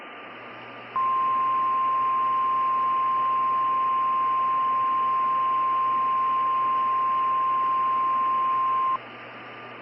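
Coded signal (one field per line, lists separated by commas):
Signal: Emergency Alert System (SAME) tones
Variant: 1050 Hz attention tone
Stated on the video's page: Fictional winter EAS scenario set in Unova, with alerts modeled on local weather radio stations.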